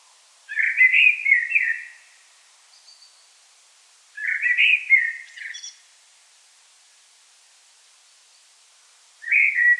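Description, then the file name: Common blackbird giving rich, rolling whistled phrases separated by pauses, the first two followed by faint high twitters. "Turdus merula"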